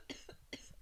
Cough.